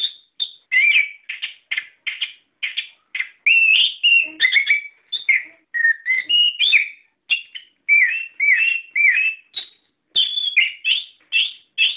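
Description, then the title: Bird song, a long sequence of clear whistled notes and sharp chirps, varied in pitch, delivered in quick steady succession. "SuaraBurung Kicau4"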